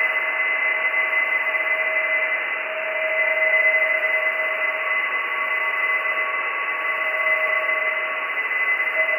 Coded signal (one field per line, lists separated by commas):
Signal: PSK31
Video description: PSK31 Random Compilation using RTL2838/R820T SDR Dongle on 14 MHz HF with NooElec Upconverter